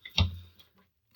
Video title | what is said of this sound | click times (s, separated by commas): 2013 Chevy duramax p21DD DEF heater replacement | once you find it set down you can just twist it and you'll hear it snap | 0.1 s, 0.2 s